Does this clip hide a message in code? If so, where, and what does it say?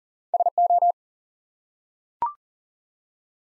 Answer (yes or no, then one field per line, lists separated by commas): yes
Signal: Morse code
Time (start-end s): 0.3-0.9 s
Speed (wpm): 37 wpm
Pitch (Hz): 700 Hz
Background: none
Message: SO